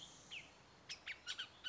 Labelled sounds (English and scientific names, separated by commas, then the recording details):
Bullock's Oriole (Icterus bullockii)
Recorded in Sonoma County, California